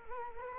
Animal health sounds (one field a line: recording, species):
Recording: mosquito wingbeat signal from an infrared sensor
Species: Culex quinquefasciatus